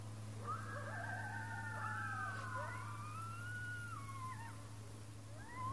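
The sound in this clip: Coyotes howling in chorus: several overlapping, wavering tones glide and quaver together, with sliding yips and falling notes, over a steady low hum.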